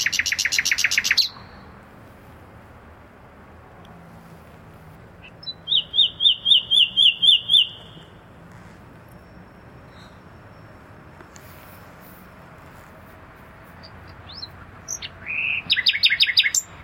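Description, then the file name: Common nightingale song in three bursts: an opening fast rattle, a midway run of about eight trilled, repeated whistles, and a final sequence of rapid notes, separated by quiet pauses. "Luscinia megarhynchos"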